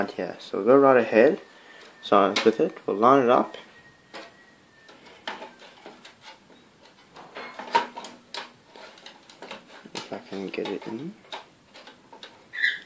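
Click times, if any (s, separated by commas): none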